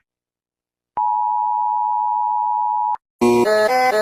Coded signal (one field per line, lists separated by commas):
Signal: Emergency Alert System (SAME) tones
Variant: 853 and 960 Hz attention tone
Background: music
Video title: Reacting to eas alarms of how i sleep (+face reveal)